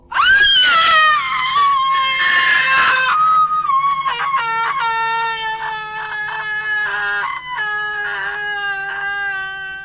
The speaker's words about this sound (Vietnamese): Tôi bị tiếng hét thất thanh của cô bé làm cho giật cả mình, suýt nữa đánh rơi luôn cả cái xẻng công binh.